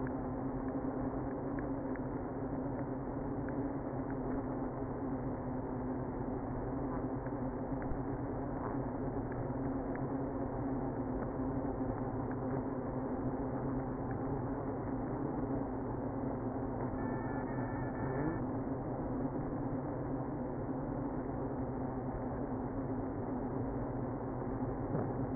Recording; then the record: honeybee colony, microphone inside the hive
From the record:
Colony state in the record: queenless (queen removed); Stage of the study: after two queens were removed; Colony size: about 60,000 bees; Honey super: yes